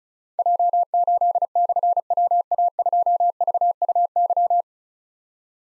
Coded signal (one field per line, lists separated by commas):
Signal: Morse code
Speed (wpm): 36 wpm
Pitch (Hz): 700 Hz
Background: none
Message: J8/WA2VUY